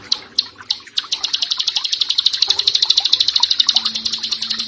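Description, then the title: Bar-winged prinia song: a fast run of sharp, high chirping notes that speeds into a steady rapid trill, with faint low hum underneath. "Ciblek Sawah"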